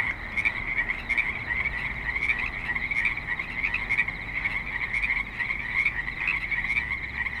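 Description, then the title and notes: Frogs calling in chorus, a constant shrill pulsing drone from many callers. Frogs calling at a creek in suburban Spanish Springs, Nevada. "Frogs in Spanish Springs, NV - creek view. Frogs with light traffic and other suburban sounds"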